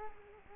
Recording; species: mosquito wingbeat signal from an infrared sensor; Culex quinquefasciatus